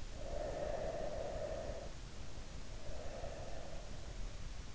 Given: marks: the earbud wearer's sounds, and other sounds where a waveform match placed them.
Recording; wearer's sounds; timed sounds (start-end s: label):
sounds in sleep by an in-ear microphone; breath
0.28-4.13 s: breath